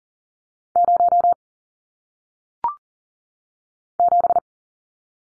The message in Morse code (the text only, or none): 0 7